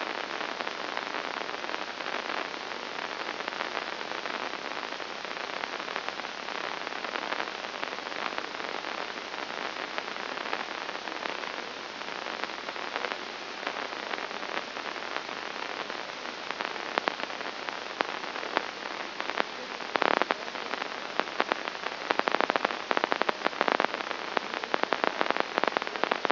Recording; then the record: brain microelectrode recording played as sound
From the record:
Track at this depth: inside the subthalamic nucleus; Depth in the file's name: 2.104 mm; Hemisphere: left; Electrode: 2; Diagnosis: Parkinson's disease